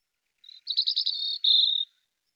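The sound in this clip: European robin song fragment: a short high note followed by a fast, buzzy trill held at one pitch for about a second.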